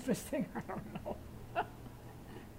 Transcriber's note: she laughs